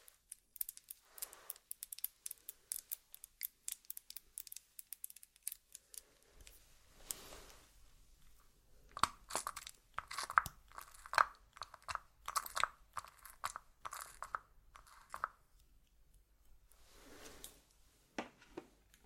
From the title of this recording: ASMR Doing Your Makeup , Pure Sounds , No Talking